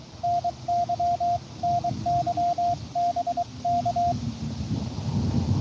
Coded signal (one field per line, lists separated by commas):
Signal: Morse code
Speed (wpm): 22 wpm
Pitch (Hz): 700 Hz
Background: radio noise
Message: NY NY BK